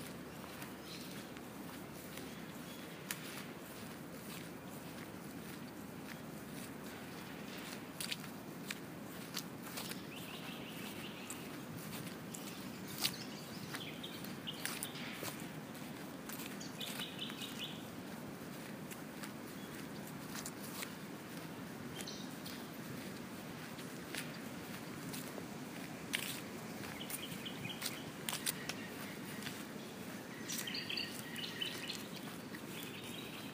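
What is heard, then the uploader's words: Footsteps brush steadily over grass in a soft, continuous rustle, with sharp crisp crackles scattered throughout and faint bird chirps in the background. Walking Over Grass.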